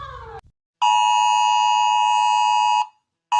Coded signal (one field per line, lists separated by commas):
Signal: Emergency Alert System (SAME) tones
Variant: 853 and 960 Hz attention tone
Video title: Rating eas alarms part 1